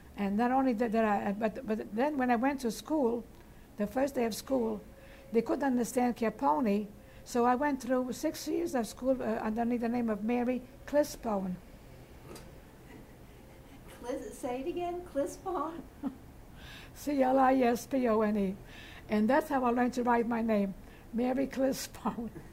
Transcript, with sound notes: And not only did, but then when I went to school, the first day of school, they couldn't understand Chiappone, so I went through six years of school underneath the name of Mary Clisbone. ( they laugh )
Say it again? Clisbone?
C-L-I-S-B-O-N-E. And that's how I learned to write my name, Mary Clisbone.